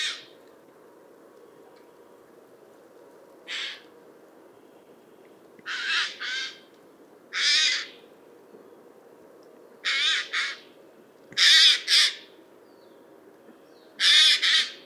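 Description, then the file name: Eurasian jay screeching irregularly, with single and doubled hoarse rasping calls spaced every one to four seconds, some louder than others. "Garrulus glandarius"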